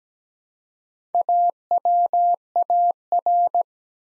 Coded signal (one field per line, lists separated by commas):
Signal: Morse code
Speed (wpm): 17 wpm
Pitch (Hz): 700 Hz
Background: none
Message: AWAR